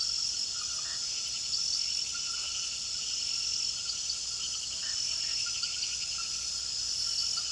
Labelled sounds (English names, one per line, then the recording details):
none
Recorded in pastures near Puerto Asís, Putumayo, Colombia, on 19 February 2024 at 01:30
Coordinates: 0.466, -76.323
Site G6384